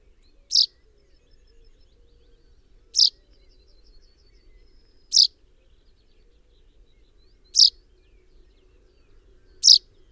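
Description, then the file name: Common chaffinch repeating a sharp single chip note at fairly steady intervals against a quiet background. "Fringilla coelebs"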